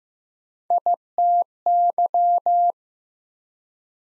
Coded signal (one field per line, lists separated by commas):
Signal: Morse code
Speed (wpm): 15 wpm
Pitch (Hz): 700 Hz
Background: none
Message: ITY